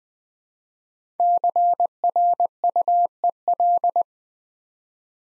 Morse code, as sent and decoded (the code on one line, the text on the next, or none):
-.-. .-. ..- . .-..
CRUEL